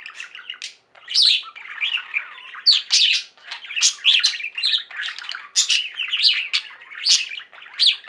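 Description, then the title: Budgerigar chatter, a soft mumbling warble mixed with loud scratchy chirps and squawks in quick succession. "Budgie Sounds"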